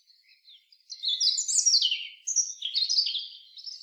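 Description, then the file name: European robin song: high, thin warbling phrases with trills and squeaky notes, sliding between pitches, with a short pause midway. "Erithacus rubecula"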